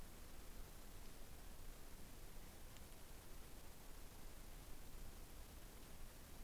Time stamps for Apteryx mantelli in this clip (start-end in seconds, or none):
none